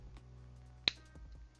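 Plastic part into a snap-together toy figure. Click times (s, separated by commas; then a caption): 0.9 s. A plastic part is pressed onto a Blokees snap-together toy figure and seats with one sharp, loud snap at 0.9 seconds. A low, steady hum runs underneath, with a few faint ticks around it.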